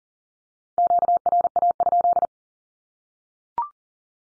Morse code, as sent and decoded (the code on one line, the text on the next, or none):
--.- .-. .- ..--..
QRA?